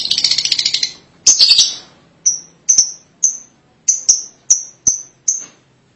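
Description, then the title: Lovebird calls: opening bursts of rapid shrill chatter, followed by a series of sharp high chirps. "BM Suara Burung Lovebird"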